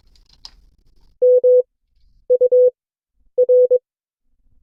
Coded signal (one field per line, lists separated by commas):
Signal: Morse code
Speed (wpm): 22 wpm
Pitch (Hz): 500 Hz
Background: none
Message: M U R